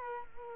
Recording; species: mosquito wingbeat signal from an infrared sensor; Culex quinquefasciatus